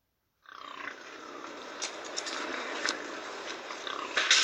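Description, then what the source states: Wild boar squeals: a harsh, noisy outburst starting abruptly, with a short tonal squeal early on and sharp bursts scattered through, loudest at the end. Wild boars in a forest, heard from dusk as they wake and become active at night; heard if one is very quiet and attentive.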